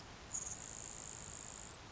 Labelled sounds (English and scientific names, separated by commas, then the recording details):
Grasshopper Sparrow (Ammodramus savannarum)
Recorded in Sonoma County, California